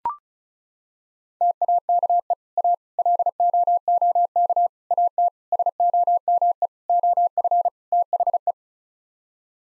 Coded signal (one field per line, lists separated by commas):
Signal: Morse code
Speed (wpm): 36 wpm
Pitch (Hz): 700 Hz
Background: none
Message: TAKE A LOOK AT SOME OF THE